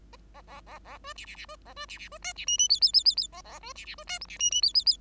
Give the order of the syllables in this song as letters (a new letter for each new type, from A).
A A A A B C C C B A B C C B D C E E F F F F F A A B C C B D G C E E F F F